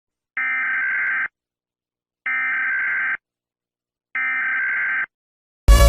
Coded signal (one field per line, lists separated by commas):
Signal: Emergency Alert System (SAME) tones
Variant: header bursts